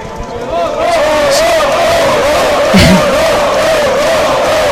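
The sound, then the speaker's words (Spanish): A loud, sustained crowd roar of applause, cheering and shouting for Odone Lortza, the former mayor, who received the most applause, with a wavering chant-like tone running through it, steady from start to finish without a break. “Odone Lortza, el que recibió los que más, el que más aplausos.”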